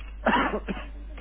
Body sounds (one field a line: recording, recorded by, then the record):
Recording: voluntary cough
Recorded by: telephone call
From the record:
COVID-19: positive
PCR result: checked with the laboratory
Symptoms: yes